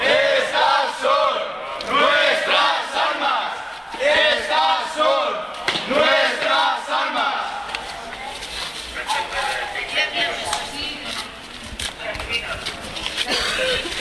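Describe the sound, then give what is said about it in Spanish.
A crowd of students shouting and chanting "¡No delincuentes! ¡Somos estudiantes!" loudly in a pitched street battle, voices overlapping in rhythmic bursts, followed by a more chaotic din of yelling and scattered clatter. “Bueno, chicos, ¿qué son estos gritos que estábamos escuchando?”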